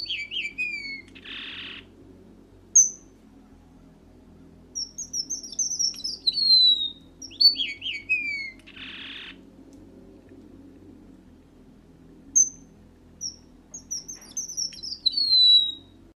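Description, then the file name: Red avadavat song in several bursts of high squeaky slurred notes dropping in pitch, two harsh hissing notes between phrases, and a constant low hum in the background. "Bengali vermelho"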